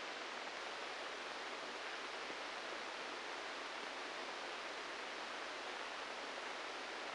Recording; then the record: brain microelectrode recording played as sound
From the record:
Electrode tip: inside the subthalamic nucleus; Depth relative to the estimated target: 2 mm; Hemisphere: right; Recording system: NeuroSet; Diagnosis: Parkinson's disease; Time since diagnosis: 9 years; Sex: male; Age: 56 years